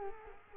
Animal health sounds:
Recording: mosquito wingbeat signal from an infrared sensor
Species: Culex quinquefasciatus

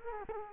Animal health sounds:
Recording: mosquito wingbeat signal from an infrared sensor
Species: Culex quinquefasciatus

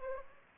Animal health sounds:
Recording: mosquito wingbeat signal from an infrared sensor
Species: Anopheles arabiensis

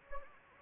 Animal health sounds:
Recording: mosquito wingbeat signal from an infrared sensor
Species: Anopheles gambiae

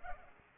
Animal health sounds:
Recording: mosquito wingbeat signal from an infrared sensor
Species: Culex pipiens

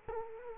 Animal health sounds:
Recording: mosquito wingbeat signal from an infrared sensor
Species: Culex quinquefasciatus

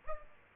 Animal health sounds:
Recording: mosquito wingbeat signal from an infrared sensor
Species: Aedes aegypti

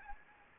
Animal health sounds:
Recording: mosquito wingbeat signal from an infrared sensor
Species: Anopheles gambiae

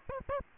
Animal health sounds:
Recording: mosquito wingbeat signal from an infrared sensor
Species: Aedes aegypti

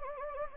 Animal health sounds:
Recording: mosquito wingbeat signal from an infrared sensor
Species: Anopheles gambiae

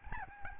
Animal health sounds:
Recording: mosquito wingbeat signal from an infrared sensor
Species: Aedes albopictus

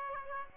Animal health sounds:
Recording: mosquito wingbeat signal from an infrared sensor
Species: Aedes aegypti

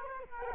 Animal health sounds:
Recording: mosquito wingbeat signal from an infrared sensor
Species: Culex quinquefasciatus

